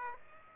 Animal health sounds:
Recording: mosquito wingbeat signal from an infrared sensor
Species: Aedes aegypti

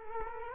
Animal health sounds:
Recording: mosquito wingbeat signal from an infrared sensor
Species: Culex quinquefasciatus

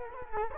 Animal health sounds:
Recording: mosquito wingbeat signal from an infrared sensor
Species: Culex quinquefasciatus

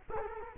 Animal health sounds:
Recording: mosquito wingbeat signal from an infrared sensor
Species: Culex quinquefasciatus

